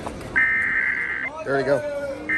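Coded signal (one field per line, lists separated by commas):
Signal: Emergency Alert System (SAME) tones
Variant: header bursts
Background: speech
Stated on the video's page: Real civil emergency message for a wildfire in San Luis Obispo County.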